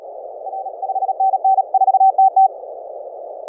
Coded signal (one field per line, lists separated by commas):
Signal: Morse code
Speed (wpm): 37 wpm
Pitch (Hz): 770 Hz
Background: none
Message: R 5NN 4TT